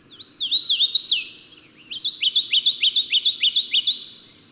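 Bird song: two bouts of quick, repeated high whistled notes with a short pause between them.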